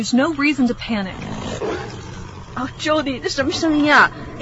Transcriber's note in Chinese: Enter animal sound